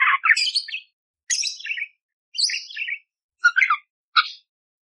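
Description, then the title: Budgerigar song of scratchy warbled phrases and chirps, a few bursts separated by short silences. Masteran for training songbirds, clear and lively (gacor jernih) with rough tembakan fill phrases, suited for Kacer. "Masteran Burung Parkit Gacor Jernih Isian Tembakan Kasar Cocok Buat Kacer"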